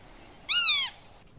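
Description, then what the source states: Black-tailed Godwit alarm call, a single nasal note that slurs slightly downward and lasts under half a second. Alarm call; recording played on the radio.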